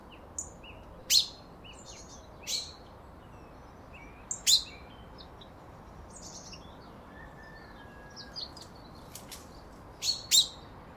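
Common chaffinch calls: scattered sharp high notes and short chirps at irregular intervals, some faint bird notes in between, quiet hiss behind.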